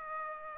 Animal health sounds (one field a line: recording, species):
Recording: mosquito wingbeat signal from an infrared sensor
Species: Aedes aegypti